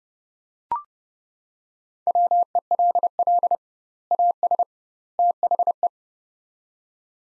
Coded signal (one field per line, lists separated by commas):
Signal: Morse code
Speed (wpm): 32 wpm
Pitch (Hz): 700 Hz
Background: none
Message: WELL AS THE